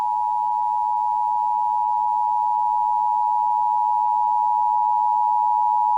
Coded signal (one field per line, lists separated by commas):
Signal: Emergency Alert System (SAME) tones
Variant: 853 and 960 Hz attention tone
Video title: EAS Valentine's Day Special - Toxic Love